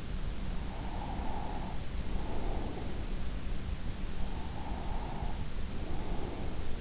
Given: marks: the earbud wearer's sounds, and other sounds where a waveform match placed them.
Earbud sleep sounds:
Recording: sounds in sleep by an in-ear microphone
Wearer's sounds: breath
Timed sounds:
0.64-3.21 s: breath
4.26-6.65 s: breath

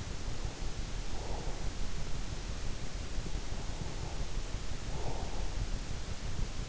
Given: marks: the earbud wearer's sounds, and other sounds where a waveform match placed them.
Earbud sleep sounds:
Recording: sounds in sleep by an in-ear microphone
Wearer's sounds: breath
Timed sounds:
0.94-1.79 s: breath
3.35-6.08 s: breath

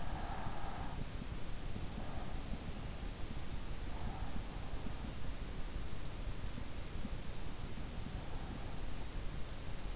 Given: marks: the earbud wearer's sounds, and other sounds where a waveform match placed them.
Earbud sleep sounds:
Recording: sounds in sleep by an in-ear microphone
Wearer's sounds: breath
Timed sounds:
0.00-2.68 s: breath

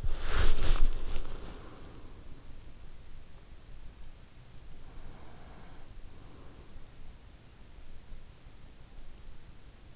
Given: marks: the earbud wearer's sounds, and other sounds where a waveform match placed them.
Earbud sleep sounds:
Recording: sounds in sleep by an in-ear microphone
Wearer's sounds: body movement, breath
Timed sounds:
0.00-2.78 s: body movement
4.70-7.48 s: breath

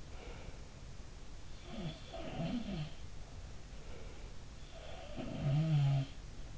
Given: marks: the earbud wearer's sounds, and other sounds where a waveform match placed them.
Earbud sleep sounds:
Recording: sounds in sleep by an in-ear microphone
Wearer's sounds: breath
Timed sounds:
0.10-0.79 s: breath
1.47-2.95 s: sound from someone else or the room
3.67-4.46 s: breath
4.89-6.25 s: sound from someone else or the room

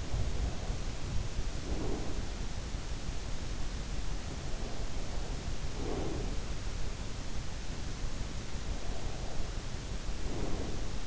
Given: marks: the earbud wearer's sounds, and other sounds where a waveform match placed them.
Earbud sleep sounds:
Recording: sounds in sleep by an in-ear microphone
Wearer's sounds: breath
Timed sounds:
0.00-2.63 s: breath
4.46-6.73 s: breath
8.85-11.06 s: breath

